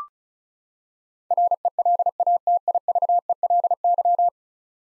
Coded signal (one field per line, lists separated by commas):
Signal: Morse code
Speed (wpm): 36 wpm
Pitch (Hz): 700 Hz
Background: none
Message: RELATIVELY